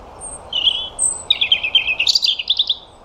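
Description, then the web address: European robin song: a thin high note, then a quick sequence of warbled, trilled phrases climbing toward the end, with steady low background hiss. "Deverinetal 2025 File origin Bird Only Er Ru"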